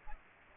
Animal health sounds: mosquito wingbeat signal from an infrared sensor; Aedes aegypti

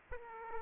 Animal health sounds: mosquito wingbeat signal from an infrared sensor; Aedes aegypti

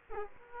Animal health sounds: mosquito wingbeat signal from an infrared sensor; Aedes aegypti

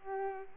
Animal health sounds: mosquito wingbeat signal from an infrared sensor; Culex pipiens

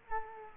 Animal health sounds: mosquito wingbeat signal from an infrared sensor; Culex quinquefasciatus

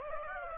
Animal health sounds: mosquito wingbeat signal from an infrared sensor; Aedes aegypti

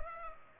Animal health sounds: mosquito wingbeat signal from an infrared sensor; Culex pipiens

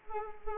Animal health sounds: mosquito wingbeat signal from an infrared sensor; Anopheles arabiensis

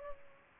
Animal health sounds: mosquito wingbeat signal from an infrared sensor; Culex pipiens

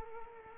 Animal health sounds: mosquito wingbeat signal from an infrared sensor; Culex quinquefasciatus

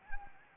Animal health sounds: mosquito wingbeat signal from an infrared sensor; Anopheles gambiae

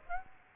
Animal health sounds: mosquito wingbeat signal from an infrared sensor; Aedes aegypti

